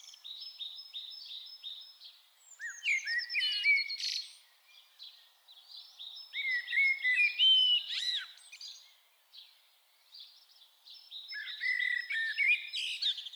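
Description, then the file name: Common blackbird singing several phrases of low fluted whistles and scratchy high twitters, separated by short pauses. "Turdus merula"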